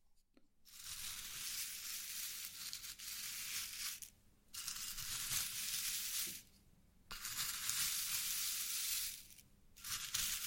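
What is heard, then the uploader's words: Slime being squeezed and worked gives long stretches of dense, bright crackling and fizzing, like tiny bubbles popping. The bursts run two to three seconds each, separated by brief near-silent pauses around 4, 6.5 and 9.5 seconds. ASMR SLIME SATISFYING - NO TALKING.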